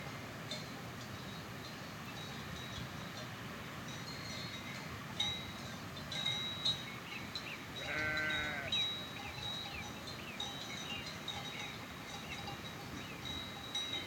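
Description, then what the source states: Sheep bleating: one wavering, drawn-out bleat midway, over steady tinkling bells and a wind hiss. Sheep herd wearing bells in summer mountains at altitude, with wind.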